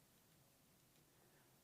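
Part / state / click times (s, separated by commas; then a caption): microSD card into security camera slot / not seated / none. A microSD card is held with its face toward the lens and lined up with the slot under the open flap of a Tapo C425 security camera, ready to be pushed in with a fingernail. Only a steady low background hum is heard, with no distinct sharp sounds. The card has not been pushed in yet, and nothing has clicked.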